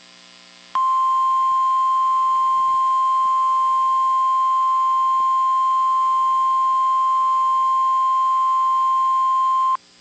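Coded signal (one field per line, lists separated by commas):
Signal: Emergency Alert System (SAME) tones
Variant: 1050 Hz attention tone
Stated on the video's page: Tennessee statewide AMBER Alert child abduction emergency on NOAA Weather Radio.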